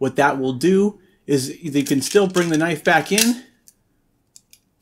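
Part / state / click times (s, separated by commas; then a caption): knife blade retracting into the OTF knife handle / not seated / none. Someone talks while the blade of a Smith and Wesson out-the-front automatic knife is retracted into its handle with the safety switch engaged, and short, sharp mechanism clicks follow at about 3.7, 4.4, 4.5 and 4.9 s. The blade has not locked into place: the safety blocks its path, so part of the blade stays sticking out of the handle.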